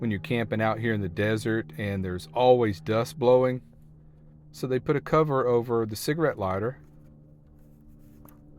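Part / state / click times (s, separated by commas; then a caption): protective dust cover on the cigarette lighter socket of a portable power station / released / 8.3 s. Someone talks, then pulls the tight-fitting protective dust cover off the 12 V cigarette-lighter socket of a UIBI portable power station. The cover comes free with a short pop at 8.3 s, showing how tightly it seals against desert dust.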